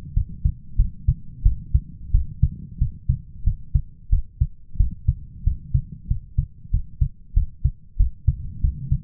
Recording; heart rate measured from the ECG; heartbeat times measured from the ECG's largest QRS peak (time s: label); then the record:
heart sounds by stethoscope; 92 bpm
0.14 s: heartbeat
0.77 s: heartbeat
1.43 s: heartbeat
2.12 s: heartbeat
2.79 s: heartbeat
3.44 s: heartbeat
4.10 s: heartbeat
4.77 s: heartbeat
5.44 s: heartbeat
6.08 s: heartbeat
6.71 s: heartbeat
7.34 s: heartbeat
7.97 s: heartbeat
8.61 s: heartbeat
From the record:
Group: healthy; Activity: rest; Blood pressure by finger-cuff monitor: 149/106 mmHg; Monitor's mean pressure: 120 mmHg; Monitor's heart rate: 91 bpm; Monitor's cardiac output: 7.6 L/min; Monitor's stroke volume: 83 mL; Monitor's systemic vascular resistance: 1190 dyn s/cm5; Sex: male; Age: 23 years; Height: 179 cm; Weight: 87 kg